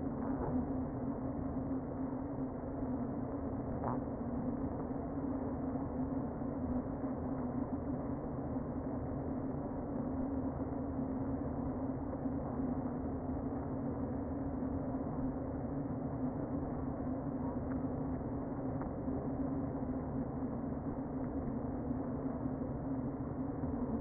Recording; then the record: honeybee colony, microphone inside the hive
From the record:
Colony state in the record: queen present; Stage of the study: before two queens were removed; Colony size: about 60,000 bees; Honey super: yes